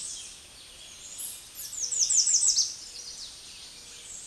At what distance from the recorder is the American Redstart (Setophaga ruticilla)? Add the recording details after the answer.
about 20 m. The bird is about 10 m above the microphone. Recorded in a Pennsylvania forest on 16 May 2024 at 09:30. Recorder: AudioMoth, point MSD-2027. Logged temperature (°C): 15.6 °C. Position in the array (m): 109 m, 244 m